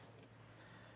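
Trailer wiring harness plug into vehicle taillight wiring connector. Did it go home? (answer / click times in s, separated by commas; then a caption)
yes / 0.5 s. A Curt T-Connector trailer wiring harness plug is pushed onto the plastic taillight wiring connector of a 2025 Subaru Forester until its lock engages. A short, sharp click sounds at 0.5 s over a steady low hum, and the plug is seated.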